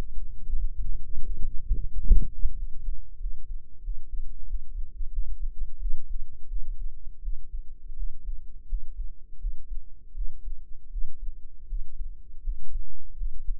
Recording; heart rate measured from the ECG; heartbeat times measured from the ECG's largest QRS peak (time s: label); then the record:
heart sounds by microphone in the right ear; 86 bpm
0.53 s: heartbeat
1.21 s: heartbeat
1.89 s: heartbeat
2.54 s: heartbeat
3.17 s: heartbeat
3.81 s: heartbeat
4.45 s: heartbeat
5.10 s: heartbeat
5.77 s: heartbeat
6.46 s: heartbeat
7.19 s: heartbeat
7.94 s: heartbeat
8.66 s: heartbeat
9.38 s: heartbeat
10.12 s: heartbeat
10.88 s: heartbeat
11.66 s: heartbeat
12.40 s: heartbeat
13.14 s: heartbeat
From the record:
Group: healthy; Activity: rest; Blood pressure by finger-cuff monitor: 117/77 mmHg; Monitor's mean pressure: 94 mmHg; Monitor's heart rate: 82 bpm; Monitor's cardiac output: 7 L/min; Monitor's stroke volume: 84 mL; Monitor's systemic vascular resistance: 980 dyn s/cm5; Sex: female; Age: 22 years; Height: 160 cm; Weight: 45 kg